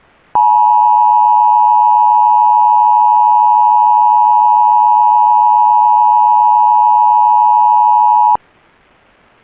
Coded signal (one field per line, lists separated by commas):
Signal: Emergency Alert System (SAME) tones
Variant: 853 and 960 Hz attention tone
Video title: (EAS #16) Suddenlink - Ohio's Required Monthly Test (5/11/2022)